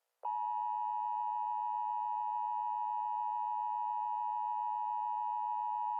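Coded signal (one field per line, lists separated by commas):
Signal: Emergency Alert System (SAME) tones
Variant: 853 and 960 Hz attention tone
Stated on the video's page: Fictional Emergency Alert System scenario for a Honolulu tsunami; a simulated alert, not real.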